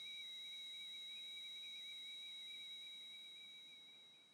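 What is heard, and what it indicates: A steady, high-pitched whistling tone holds unbroken for about four seconds over a faint hiss, then slowly fades at the end. It simulates constant tinnitus, a ringing that is literally always there, as opposed to intermittent tinnitus that happens at different times of the day.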